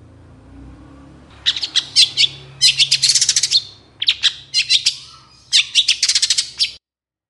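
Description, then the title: Long-tailed Shrike song: four clusters of harsh, scratchy rapid notes separated by short pauses. Long-tailed shrike (cendet) singing readily in the morning with many varied sounds. "Cendet Gacor Dor Di Kala Pagi Toet Toet Variasi Suara"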